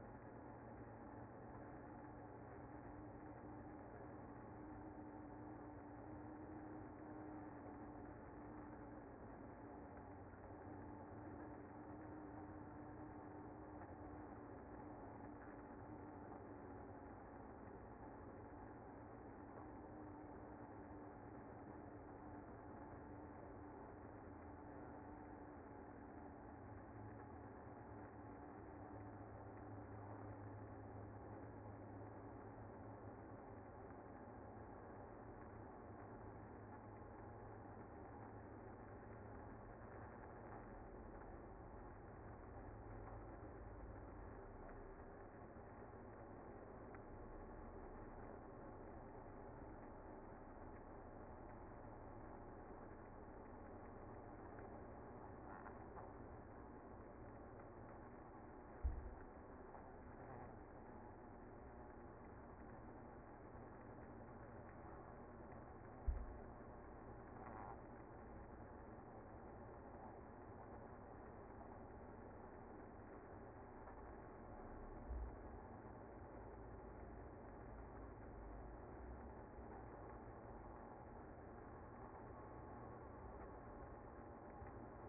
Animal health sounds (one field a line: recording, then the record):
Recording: honeybee colony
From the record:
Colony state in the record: active